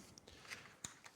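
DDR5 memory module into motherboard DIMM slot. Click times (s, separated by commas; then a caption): 0.2 s, 0.8 s. A DDR5 memory module is pressed into a DIMM slot on an ASRock B850 Steel Legend Wi-Fi motherboard until the plastic retention latches snap shut. Sharp clicks are heard at about 0.2 s and 0.9 s, with softer taps in between and after, and the module is seated.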